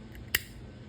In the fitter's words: you'll hear a click